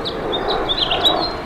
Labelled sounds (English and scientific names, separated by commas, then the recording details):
House Finch (Haemorhous mexicanus) song
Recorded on Long Island, New York, on 24 June 2012
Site SO
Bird A